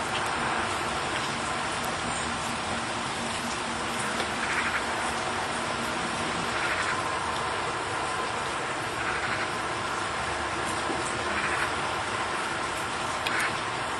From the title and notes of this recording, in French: Pluie apaisante en Mayenne. Un son réel de pluie en Mayenne dans un petit village.